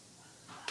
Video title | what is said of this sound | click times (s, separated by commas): Installing A Bidet! No Toilet Paper Needed - DIY Covid19 2020 | pops into place just like that | 0.7 s